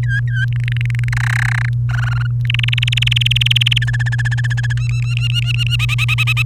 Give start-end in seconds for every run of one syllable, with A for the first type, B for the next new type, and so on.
0.03-0.45 A, 0.52-1.09 B, 1.12-1.69 C, 1.89-2.27 D, 2.45-3.78 E, 3.82-4.73 F, 4.77-5.76 G, 5.79-6.42 H